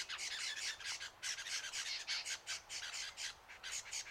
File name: BIRD LEWINS HONEY EATER DISTRESSED CALL